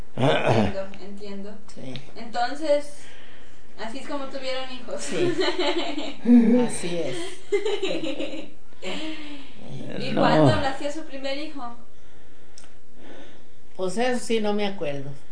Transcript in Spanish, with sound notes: Entiendo, entiendo.
Sí.
Entonces, ¿así es como tuvieron hijos? (risas) Y, ¿cuándo nació su primer hijo?
Pos eso sí no me acuerdo.